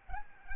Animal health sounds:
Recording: mosquito wingbeat signal from an infrared sensor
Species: Aedes albopictus

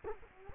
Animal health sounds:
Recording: mosquito wingbeat signal from an infrared sensor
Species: Culex quinquefasciatus

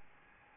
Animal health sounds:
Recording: mosquito wingbeat signal from an infrared sensor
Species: Aedes albopictus

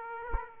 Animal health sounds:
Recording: mosquito wingbeat signal from an infrared sensor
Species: Aedes aegypti

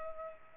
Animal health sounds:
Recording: mosquito wingbeat signal from an infrared sensor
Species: Culex pipiens

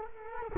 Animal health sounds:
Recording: mosquito wingbeat signal from an infrared sensor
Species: Culex quinquefasciatus

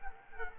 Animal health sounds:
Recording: mosquito wingbeat signal from an infrared sensor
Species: Culex quinquefasciatus

